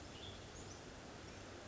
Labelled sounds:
Western Tanager (Piranga ludoviciana)
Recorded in Sonoma County, California

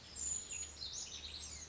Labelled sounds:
Brown Creeper (Certhia americana)
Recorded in Sonoma County, California

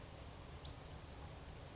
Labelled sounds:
Western Flycatcher (Empidonax difficilis)
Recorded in Sonoma County, California

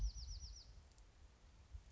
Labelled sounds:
Bewick's Wren (Thryomanes bewickii)
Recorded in Sonoma County, California

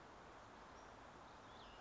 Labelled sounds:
Cassin's Vireo (Vireo cassinii)
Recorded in Sonoma County, California

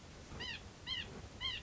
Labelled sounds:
White-breasted Nuthatch (Sitta carolinensis)
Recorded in Sonoma County, California

